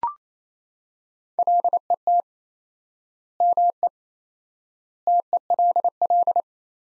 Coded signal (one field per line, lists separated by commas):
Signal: Morse code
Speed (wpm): 28 wpm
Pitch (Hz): 700 Hz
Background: none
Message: LET ME TELL